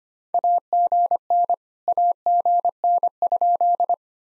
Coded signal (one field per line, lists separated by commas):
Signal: Morse code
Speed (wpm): 26 wpm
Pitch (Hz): 700 Hz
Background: none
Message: AGN AGN?